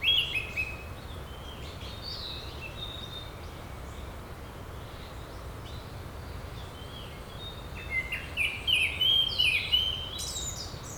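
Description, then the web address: Japanese thrush song: varied whistled phrases with sliding notes, one burst at the start and a busier run near the end, over steady low background hiss. "bird song kurotugumi"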